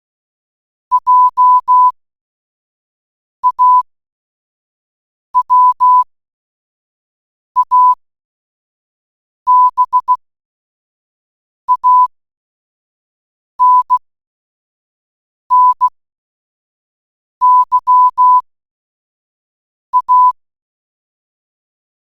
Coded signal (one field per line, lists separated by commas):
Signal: Morse code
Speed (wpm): 16 wpm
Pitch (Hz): 1000 Hz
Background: none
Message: JAWABANNYA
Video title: Converter Teks to Morse Code Online